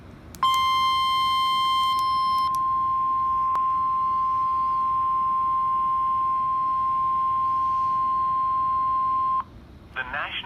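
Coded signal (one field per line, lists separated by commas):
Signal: Emergency Alert System (SAME) tones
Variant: 1050 Hz attention tone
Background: speech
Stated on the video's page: Severe thunderstorm warning in Minnesota.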